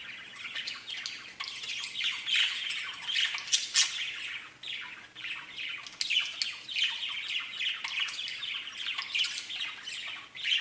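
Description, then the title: Budgerigar chatter: continuous warbling and scratchy chirps with rapid squeaks, swelling and fading in bursts throughout, no pauses. "Budgie Sounds"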